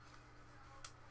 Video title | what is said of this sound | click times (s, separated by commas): TechChecker #233 Precision Screwdriver Set 60 in 1 Magnetic Screwdriver Set | also got this you pull it out locks into place pull it out locks | 0.8 s